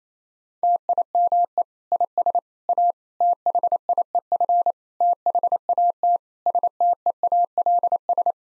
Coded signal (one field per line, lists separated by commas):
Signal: Morse code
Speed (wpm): 28 wpm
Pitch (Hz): 700 Hz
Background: none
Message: TIME IS A THIEF THAT STEALS